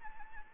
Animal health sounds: mosquito wingbeat signal from an infrared sensor; Anopheles gambiae

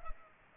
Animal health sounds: mosquito wingbeat signal from an infrared sensor; Culex pipiens

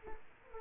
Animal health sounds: mosquito wingbeat signal from an infrared sensor; Culex quinquefasciatus

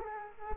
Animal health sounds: mosquito wingbeat signal from an infrared sensor; Culex quinquefasciatus

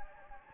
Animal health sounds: mosquito wingbeat signal from an infrared sensor; Anopheles gambiae

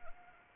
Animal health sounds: mosquito wingbeat signal from an infrared sensor; Anopheles arabiensis

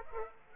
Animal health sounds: mosquito wingbeat signal from an infrared sensor; Aedes aegypti

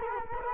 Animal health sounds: mosquito wingbeat signal from an infrared sensor; Culex quinquefasciatus

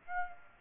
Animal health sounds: mosquito wingbeat signal from an infrared sensor; Aedes aegypti

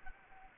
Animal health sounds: mosquito wingbeat signal from an infrared sensor; Anopheles gambiae

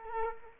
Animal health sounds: mosquito wingbeat signal from an infrared sensor; Culex quinquefasciatus

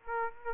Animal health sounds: mosquito wingbeat signal from an infrared sensor; Aedes aegypti

